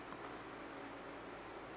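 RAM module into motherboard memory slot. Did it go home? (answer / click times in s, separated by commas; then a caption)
no / none. A RAM module is handled at the motherboard's DIMM memory slot, with a steady broadband hiss and one brief faint tick near 0.1 s. The module has not seated and the retention clips have not snapped yet.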